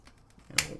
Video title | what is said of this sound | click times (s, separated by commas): Transformers Studio Series Thundercracker and The Last Knight Decepticon Nitro | you can pull this arm up and lock into place so | 0.6 s